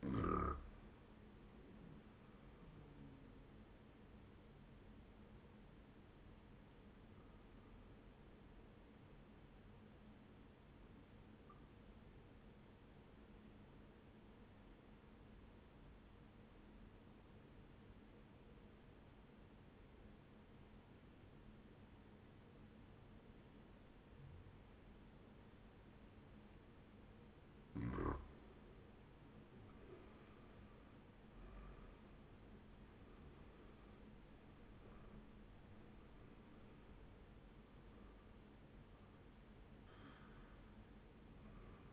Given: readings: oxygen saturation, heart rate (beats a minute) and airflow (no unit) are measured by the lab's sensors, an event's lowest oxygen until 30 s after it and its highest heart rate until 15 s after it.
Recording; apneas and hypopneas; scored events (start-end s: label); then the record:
breathing in sleep by a voice recorder at the bedside; 1
9.00-28.30 s: obstructive apnea (N1, oxygen 96% highest, then 93% lowest, heart rate 71 at the start, 85 highest)
From the record:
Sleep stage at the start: N1 (lightest sleep); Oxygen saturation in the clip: 93 to 97%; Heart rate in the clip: 66 to 85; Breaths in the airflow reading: 5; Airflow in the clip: -11.8 to 12.0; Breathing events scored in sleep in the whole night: 131 in 7.2 hours asleep